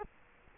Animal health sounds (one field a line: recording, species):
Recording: mosquito wingbeat signal from an infrared sensor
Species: Culex quinquefasciatus